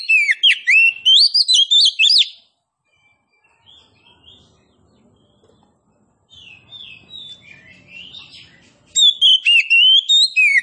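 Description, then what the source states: Oriental magpie-robin song: loud bursts of rich whistled, warbling notes, then a quieter stretch of soft twittering before the loud whistling returns. Local name kacer poci; described as gacor, singing actively.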